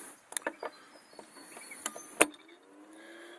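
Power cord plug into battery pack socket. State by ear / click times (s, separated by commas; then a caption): seated / 2.2 s. A power cord plug is pushed into the socket of a homemade ammo-can battery pack, with a few light handling taps and knocks before it goes in. The plug seats with a sharp click at 2.2 s, after which the device starts up and its fan runs as a faint steady hum.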